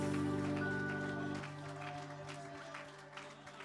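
audience applauding

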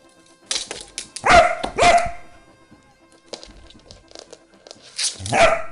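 dog barking

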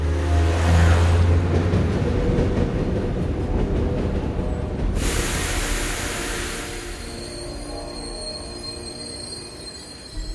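train running on rails

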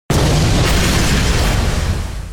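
loud explosion

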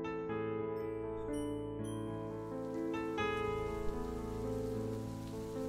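heavy rain

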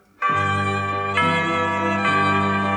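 church bells ringing

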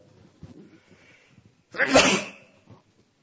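sneeze

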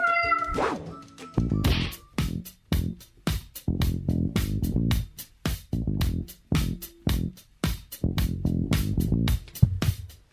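cat meowing

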